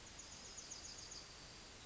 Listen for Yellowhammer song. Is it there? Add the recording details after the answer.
yes. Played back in forest. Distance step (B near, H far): F. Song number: 155